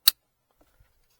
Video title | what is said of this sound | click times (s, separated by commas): CLEC Wireless Car Charger for Toyota Rav4 Prime Installation and adding extra USB Port. 😀🚙👍 | You hear a click, | 0.1 s